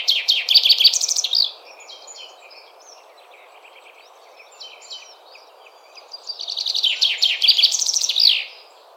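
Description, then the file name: Common Chaffinch song: two bright descending trilled phrases, each ending in a quick flourish, with softer bird notes between them. "Fringilla coelebs"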